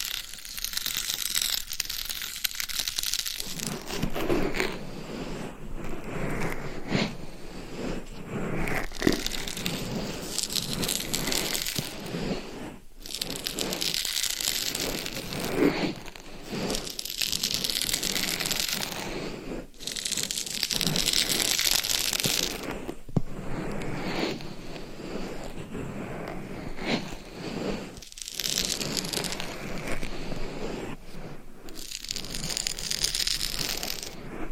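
Scratching and tapping on a dummy head microphone's covers, a dense, gritty rasp running almost without pause. Bursts swell and change texture every few seconds, some bright and hissy, others duller, with brief silent breaks near 13, 20 and 28 seconds.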